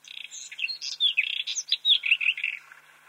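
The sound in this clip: White-throated robin song: one continuous, fast, varied phrase of high whistles, twitters and slurred chirps, fading at the end.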